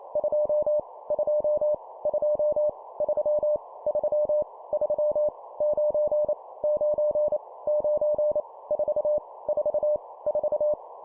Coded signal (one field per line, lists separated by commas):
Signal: Morse code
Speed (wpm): 28 wpm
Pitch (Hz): 600 Hz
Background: none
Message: 2 2 2 3 3 3 9 9 9 4 4 4